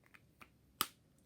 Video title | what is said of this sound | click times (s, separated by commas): Kindergarten Ozobot coding | put the lid on securely hear that snap | 0.8 s